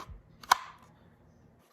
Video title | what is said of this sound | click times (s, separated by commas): BE+Reviews: Fieldcraft Survival (Tenicor) IWB Fundamentals Holster Review | getting into um this gun is unloaded um you can hear a positive click and snap | 0.5 s